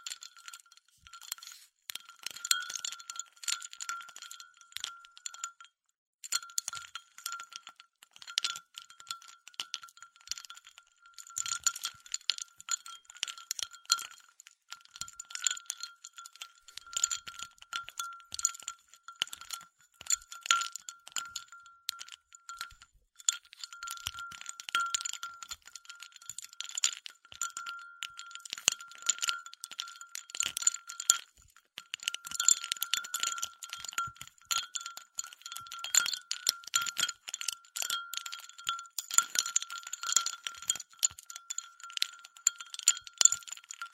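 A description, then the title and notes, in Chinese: Ice cubes clink and rattle against glass in a near-continuous stream of small, bright clicks throughout. The sound is thin and high with a ringing glassy tone, busy and irregular, with brief lulls around six and twenty-three seconds and denser clatter later on. 冰塊｜Ice。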